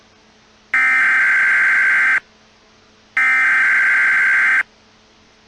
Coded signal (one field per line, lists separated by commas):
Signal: Emergency Alert System (SAME) tones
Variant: header bursts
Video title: EAS Scenario Cybug Warning